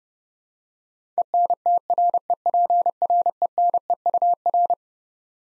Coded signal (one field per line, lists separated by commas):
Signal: Morse code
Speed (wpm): 30 wpm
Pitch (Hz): 700 Hz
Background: none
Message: ENTREPRENEUR